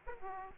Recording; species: mosquito wingbeat signal from an infrared sensor; Aedes aegypti